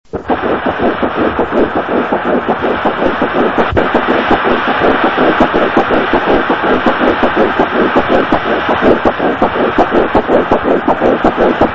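Fetal heartbeat at six and a half weeks of gestation, heard as steady, repeating pulses.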